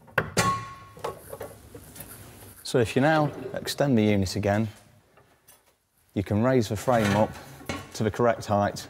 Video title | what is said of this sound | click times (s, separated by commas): Individual Pull Out Larder Solid Base Installation Guide | and then push right in until you hear them click so | 0.2 s